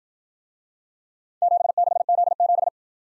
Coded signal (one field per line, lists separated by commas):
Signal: Morse code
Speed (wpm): 52 wpm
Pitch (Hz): 700 Hz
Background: none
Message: 76Z7